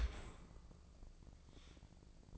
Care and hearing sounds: daily activity, microphone in the room; open dishwasher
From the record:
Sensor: 5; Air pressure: 1012.4 hPa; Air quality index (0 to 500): 158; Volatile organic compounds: 2 ppm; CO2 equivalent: 1071 ppm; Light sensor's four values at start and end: 113/272/116/130 and 113/272/115/130

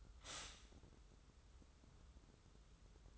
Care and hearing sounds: daily activity, microphone in the room; stop toaster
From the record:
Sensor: 3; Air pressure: 994.4 hPa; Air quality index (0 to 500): 201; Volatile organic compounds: 1000 ppm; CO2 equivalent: 6675 ppm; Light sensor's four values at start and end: 127/298/123/115 and 183/441/185/184

